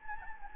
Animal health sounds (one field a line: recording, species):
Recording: mosquito wingbeat signal from an infrared sensor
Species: Anopheles gambiae